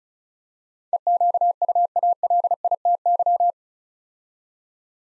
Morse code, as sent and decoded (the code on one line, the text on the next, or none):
. --.- ..- .- .-.. .. - -.--
EQUALITY